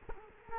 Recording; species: mosquito wingbeat signal from an infrared sensor; Culex quinquefasciatus